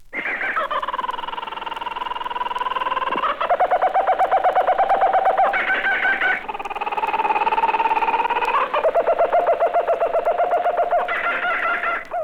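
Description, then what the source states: Cockatoo trills and caws: long harsh harmonic calls alternating with rapid rattling trills, several blocks of each running almost continuously throughout. A single cockatoo giving trills and caws.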